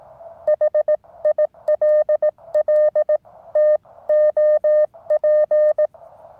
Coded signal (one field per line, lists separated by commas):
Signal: Morse code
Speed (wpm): 18 wpm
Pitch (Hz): 1210 Hz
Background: none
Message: HILLTOP